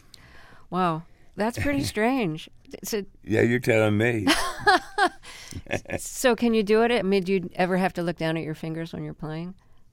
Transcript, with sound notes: Wow. That's pretty strange.
Yeah, you're telling me.
(Laughter) So can you do it? Do you ever have to look down at your fingers when you're playing?